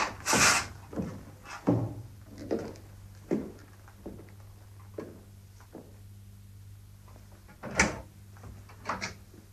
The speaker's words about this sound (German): Helfen Sie mir, das wieder in die Schublade zu tun.